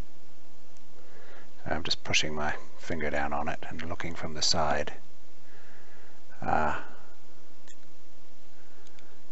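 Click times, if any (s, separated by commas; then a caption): 8.9 s, 9.0 s. During a Nokia Lumia 800 screen replacement, a small part is pressed down with a finger and checked from the side while someone talks. Two faint, sharp clicks at 8.9 and 9.0 seconds mark the part snapping into place, seated.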